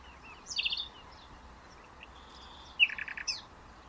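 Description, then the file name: Common nightingale song: two short phrases, a rapid trill of repeated notes near the start and a fast run of rich, pulsed notes after a pause, over steady background hiss. "Luscinia megarhynchos"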